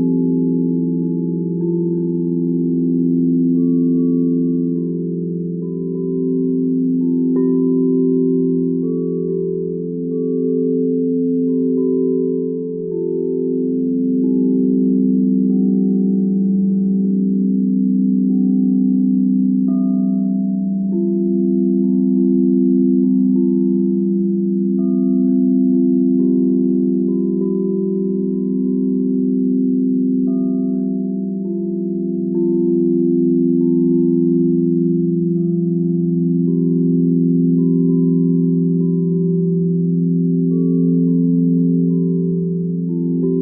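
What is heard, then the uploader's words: Soft bells ring as steady, overlapping tones that slowly shift in pitch, forming a continuous low hum with gentle higher notes throughout. Almost all of our sound baths are created using our rubber mallets, though with this session we wanted to incorporate the sounds of soft bells to help cleanse the mind and spirit. This was only able to be achieved with our suede mallets.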